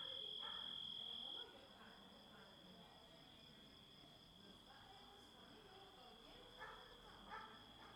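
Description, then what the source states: Grasshoppers: a loud high whine that drops sharply early, leaving a softer steady tone and buzzy rasps in irregular bursts. Composite of grasshopper sounds.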